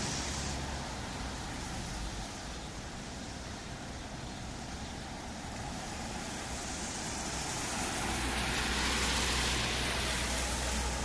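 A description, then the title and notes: Rain hisses steadily over a low hum of passing traffic, dense and unbroken for the whole stretch. A low engine rumble fades in and out, and after about eight seconds the wash grows brighter and louder as a car seems to pass. Soothing Sounds of Cars Passing By in the Rain. As the cars pass by, their muffled sounds blend harmoniously with the rainfall.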